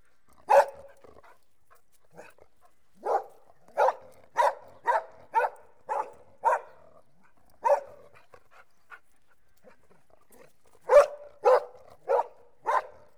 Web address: BBC Sound Effects Library. Collie Dog Barking